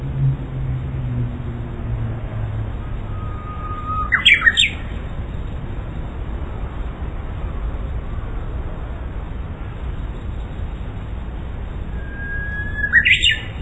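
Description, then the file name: Japanese bush warbler song: a long steady whistle sliding into a quick, higher flourish, given twice about nine seconds apart over a constant low rumble like traffic. "uguisu"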